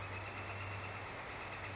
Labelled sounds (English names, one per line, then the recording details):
Northern Flicker
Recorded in Sonoma County, California